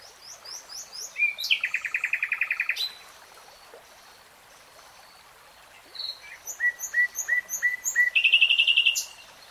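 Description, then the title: Nightingale singing a fast, buzzy rattle after high chirps, then a pause and a run of repeated slurred notes ending in another buzzy trill. Nightingale singing, recorded in real time. "[Tiếng chim hót] Nightingale Singing"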